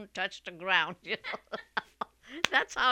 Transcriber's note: they laugh